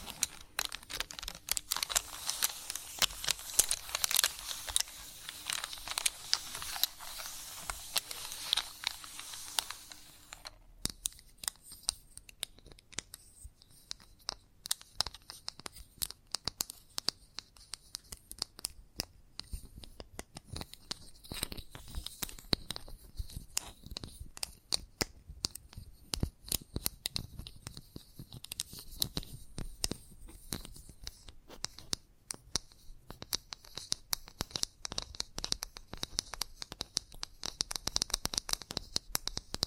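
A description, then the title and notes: Chalk scratches and taps against a hard surface. For the first ten seconds a dense, bright scraping runs steadily with a faint low hum beneath; after that, short sharp taps and scratchy strokes come quickly and irregularly. ASMR The Best Kind of Chalk Sounds Tapping, Scratching, Carving etc (No Talking).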